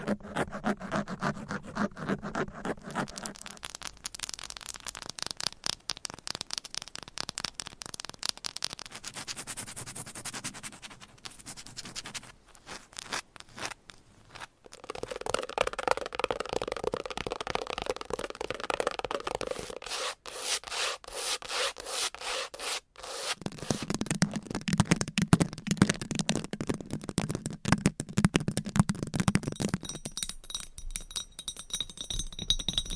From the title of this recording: ASMR Fast & Aggressive Tapping & Scratching with Different Mics Items & Nails